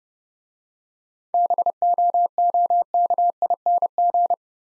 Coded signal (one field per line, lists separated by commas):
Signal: Morse code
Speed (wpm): 29 wpm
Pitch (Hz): 700 Hz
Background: none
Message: BOOKING